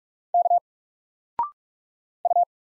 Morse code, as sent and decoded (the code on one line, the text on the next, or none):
-.- / ..-
K U